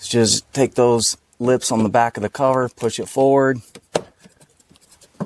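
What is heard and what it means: Someone talks while hooking the rear lips of a plastic cabin air filter access cover into the cowl/glovebox housing of a Buick Lucerne, Cadillac DTS or Pontiac Bonneville and pushing it forward, with a few brief handling knocks near the end. The cover is still being handled, and nothing has seated or clicked yet.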